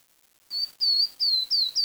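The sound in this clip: Bird giving a series of clear high whistled notes in quick succession after a brief silence, with a quiet background.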